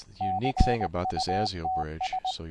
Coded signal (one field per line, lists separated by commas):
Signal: Morse code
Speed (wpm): 20 wpm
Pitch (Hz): 750 Hz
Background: speech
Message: CUTS